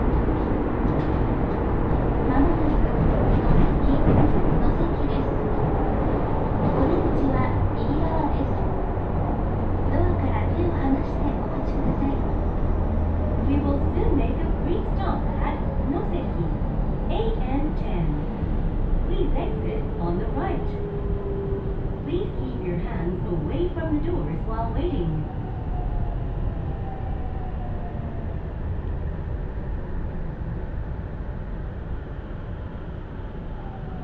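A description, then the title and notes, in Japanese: A train ride on Nagoya's Aonami and Higashiyama lines: a steady, dense low rumble runs throughout, with scattered clicks and rattles. A gliding motor whine rises and falls around the middle, voices murmur underneath, and the noise eases slightly near the end. 鉄道旅 あおなみ線・東山線 金城ふ頭→荒子・高畑→名古屋。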